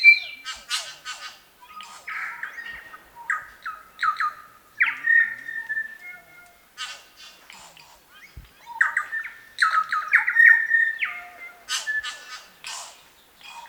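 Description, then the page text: New Zealand bellbird calls: bursts of harsh, squawky notes mixed with short ringing whistles and descending slurred tones, irregularly spaced with brief pauses between phrases. "Chris Benesh - Медосос-колокольчик, или Макомако (Anthornis melanura)"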